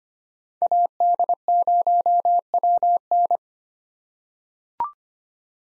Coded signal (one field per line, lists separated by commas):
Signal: Morse code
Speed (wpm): 25 wpm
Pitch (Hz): 700 Hz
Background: none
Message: AD0WN